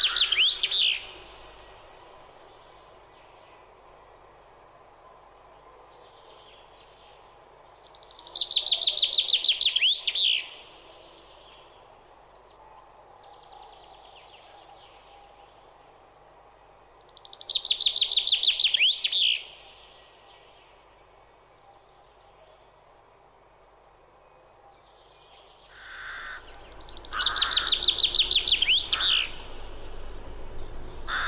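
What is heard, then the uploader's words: Birdsong in a forest: bright, rapid chirping phrases arrive in bursts at the start and around 8, 17 and 27 seconds, each lasting a couple of seconds. Between them a soft, steady hiss of background noise fills the gaps, with a low rumble joining near the end. Sounds of nature. Live in forest.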